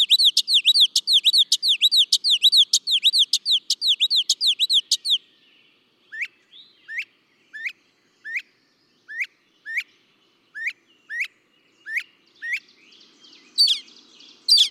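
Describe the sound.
Northern mockingbird song: a fast run of looping whistled notes, then a slower series of sharp downslurred chips spaced evenly, ending with a high squeaky phrase.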